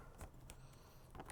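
A helmet cheek pad with its chin strap threaded through is handled against the left side of the hard helmet shell as its plastic snap clip, the first of three, is lined up with the shell during a Sena 60S install. Only quiet rustling and a few faint soft taps are heard. Nothing has seated or clicked yet.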